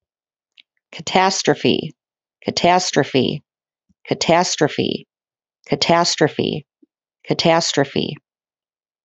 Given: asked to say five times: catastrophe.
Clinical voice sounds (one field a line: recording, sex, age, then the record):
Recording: repeated word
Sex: female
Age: 30 to 39 years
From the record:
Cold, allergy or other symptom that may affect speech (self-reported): no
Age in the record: 38 years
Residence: New York, United States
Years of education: 16